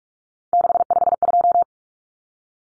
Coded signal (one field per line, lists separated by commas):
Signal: Morse code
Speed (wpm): 44 wpm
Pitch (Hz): 700 Hz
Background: none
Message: 652